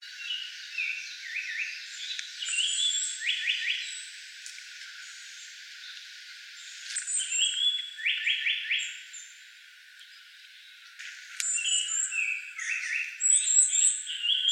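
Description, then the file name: Japanese paradise flycatcher singing: several bursts of fast repeated ringing notes, mixed with thin high whistles and chatter. Recorded 19 May 2017. "sankoutyou M 170519"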